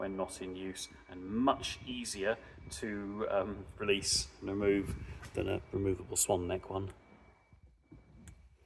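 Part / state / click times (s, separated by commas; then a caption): swivelling tow bar latch in the rear bumper / released / 8.3 s. Someone talks about the hidden swivelling tow bar in the rear bumper of an Audi Q5 45 TFSI quattro S line, then speech stops and the room goes quiet. At 8.3 s a short, sharp click sounds as the release button is pressed again, unlocking the tow bar latch so the tow bar can be stowed away.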